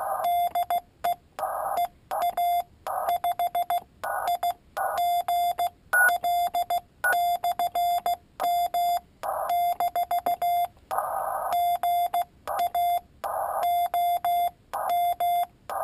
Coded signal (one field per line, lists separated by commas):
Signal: Morse code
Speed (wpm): 16 wpm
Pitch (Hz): 700 Hz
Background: none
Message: DE EA5IGL/M - GA OM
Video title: Palm Pico Paddle key